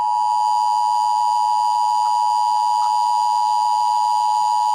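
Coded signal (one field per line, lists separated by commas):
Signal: Emergency Alert System (SAME) tones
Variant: 853 and 960 Hz attention tone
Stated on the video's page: Fictional EAS scenario about an eggdog invasion, not a real alert.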